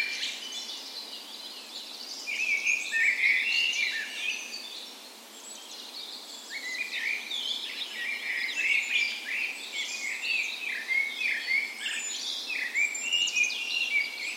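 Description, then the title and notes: Birds in a dense dawn chorus, several songsters trilling and whistling over one another, swelling louder early on, dipping briefly, then building again. Dawn chorus in a park west in Bergen, Norway, on the morning of 17 May, Norway's National Day, in full spring; Sony PCM A10 recorder with LOM Usi microphones mounted as tree ears. "17th Of May Dawn Chorus. Recorded on the morning of Norways National Day the 17th of May in a park west in Bergen. Spring is in full effect, and the dawn chorus sounds wonderful!"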